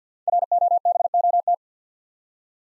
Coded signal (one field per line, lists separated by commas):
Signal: Morse code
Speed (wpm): 48 wpm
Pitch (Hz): 700 Hz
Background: none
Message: ROBOT